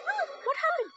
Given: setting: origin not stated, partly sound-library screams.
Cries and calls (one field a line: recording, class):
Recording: one-second piece from a danger detection set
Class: woman in danger